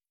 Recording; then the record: hydrophone in a shrimp aquaculture tank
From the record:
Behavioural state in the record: feeding